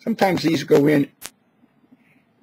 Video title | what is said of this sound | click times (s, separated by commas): STARSHIP #44 CUSTOM SERVO EXTENSIONS.wmv | and you hear a little clicks but like on this they didn't do it | none